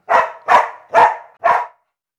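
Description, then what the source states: Dog barking: four loud, sharp barks in a row, about half a second apart, then silence. Dog barking as a warning of danger.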